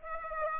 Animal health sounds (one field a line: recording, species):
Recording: mosquito wingbeat signal from an infrared sensor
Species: Aedes aegypti